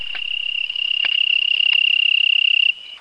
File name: Oecanthus pictus R 25 – Recorded at 20 03 2011-18 degree Celsius